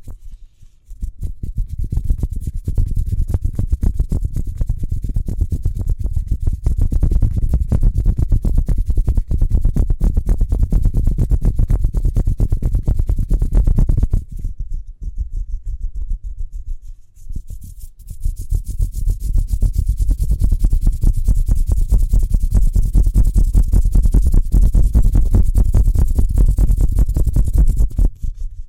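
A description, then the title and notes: Speedy hand sounds: rapid rubbing and brushing strokes form a dense, fast rustle, strongest in the low range with a scratchy top. The motion runs steadily from the start, drops to near silence around 14 to 17 seconds, then resumes just as busy until the end. ASMR Speedy Hand Sounds (No Talking).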